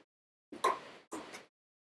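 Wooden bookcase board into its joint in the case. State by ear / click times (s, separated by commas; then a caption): seated / 0.7 s. A wooden bookcase board, chosen as the middle shelf, is pressed and temporarily clamped into its joint in the case after a bit of debris in the bottom corner kept it from dropping in. A scraping burst starts at 0.5 s, a sharp pop at 0.7 s (0.65 s) marks the board dropping in, and a second shorter scrape follows from about 1.1 to 1.5 s. The board seats in its joint at 0.7 s.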